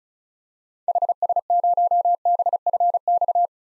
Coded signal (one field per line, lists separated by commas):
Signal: Morse code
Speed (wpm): 36 wpm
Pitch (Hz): 700 Hz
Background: none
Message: HS0BFX